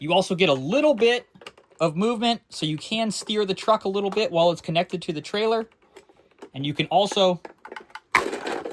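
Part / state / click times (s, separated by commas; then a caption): toy truck cab coupling on trailer hitch / released / 8.2 s. Someone talks while handling a plastic toy truck cab coupled to a moving-truck trailer hitch, with a few light taps and rattles near the end. At 8.2 s a sharp, positive click is heard as the cab is detached from the trailer, confirming it has released.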